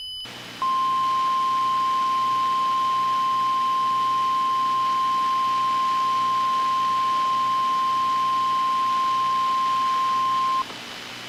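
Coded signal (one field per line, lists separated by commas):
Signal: Emergency Alert System (SAME) tones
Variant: 1050 Hz attention tone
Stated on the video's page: Re-creation of an alert for a California dam failure, using valid tones.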